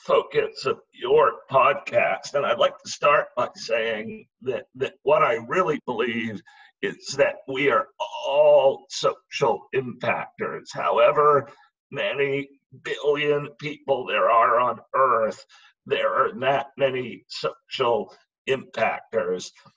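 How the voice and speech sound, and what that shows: Adult male speaker with spasmodic dysphonia, a rare neurological speaking disorder that makes communicating difficult and causes partial loss of voice; acquired in 2010 and diagnosed in 2012. His connected speech is broken by frequent pauses.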